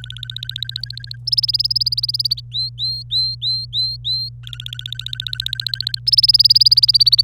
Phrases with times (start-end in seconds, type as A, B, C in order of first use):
0.00-1.16 A, 1.27-2.40 B, 2.52-4.29 C, 4.43-5.99 A, 6.07-7.21 B